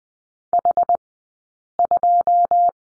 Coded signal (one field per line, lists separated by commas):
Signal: Morse code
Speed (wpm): 20 wpm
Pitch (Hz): 700 Hz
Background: none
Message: H2